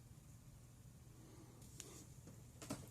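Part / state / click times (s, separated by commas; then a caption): heat press lid locking shut over a comic book / not seated / none. A heated press, set to 168 degrees, has its lid pulled down over a foil comic book, with a low steady hum underneath. A sharp tick comes at about 1.8 s, followed by a couple of short knocks around 2.6–2.7 s. The lid has not locked into place yet.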